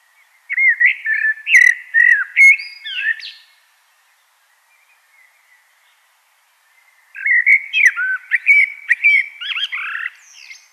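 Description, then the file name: Common blackbird song: two fluted warbling phrases, each mellow notes mixed with sharp high twitters, separated by a few seconds of silence. "Turdus merula"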